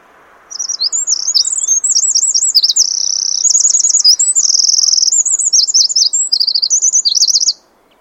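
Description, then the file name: Eurasian wren song: a loud, rapid, high outpouring of tinkling notes and rattling trills lasting about seven seconds. "Troglodytes troglodytes"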